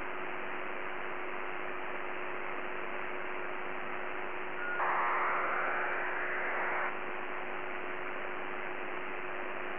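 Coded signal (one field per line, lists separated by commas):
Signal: ACARS aircraft data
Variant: HFDL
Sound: hiss with a steady low tone, then one two-second rushing data burst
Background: radio static, steady hum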